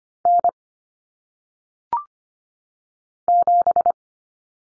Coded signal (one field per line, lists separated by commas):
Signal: Morse code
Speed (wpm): 25 wpm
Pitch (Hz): 700 Hz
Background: none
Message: N 7